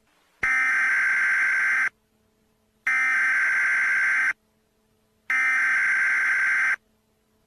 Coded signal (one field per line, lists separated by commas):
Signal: Emergency Alert System (SAME) tones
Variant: header bursts